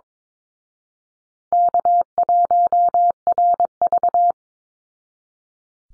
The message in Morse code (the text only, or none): K1RV